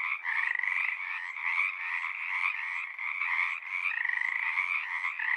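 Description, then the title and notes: Chorus of Pacific tree frogs, quick repeated ribbit-like croaks overlapping in a dense buzzing mass. Large raucous community singing at the Frog Ponds of Magnusson Park, Seattle, Washington; recorded ORTF with a pair of Røde NT5 microphones on a Sound Devices 702. "Pacific Tree Frog. One local community here in Seattle is located in the Frog Ponds of Magnusson Park. Go there any spring or summer day near dusk or pre-dawn and you'll hear them singing their little hearts out"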